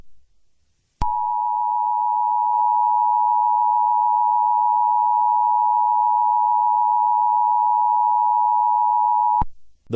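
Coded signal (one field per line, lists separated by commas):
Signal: Emergency Alert System (SAME) tones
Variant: 853 and 960 Hz attention tone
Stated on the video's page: Fictional EAS scenario.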